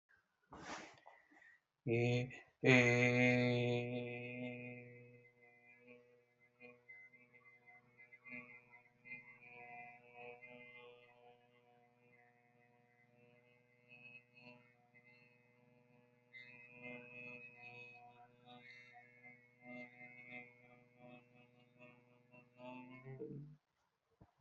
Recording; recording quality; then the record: sustained vowel as in made; poor, much background noise or distortion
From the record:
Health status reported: healthy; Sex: male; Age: 23 years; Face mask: not worn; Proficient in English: yes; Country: India